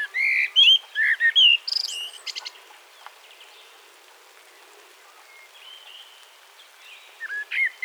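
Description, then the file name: Common blackbird delivering a rich fluted phrase with a squeaky ending, then soft faint notes and the start of another whistled phrase. "Turdus merula"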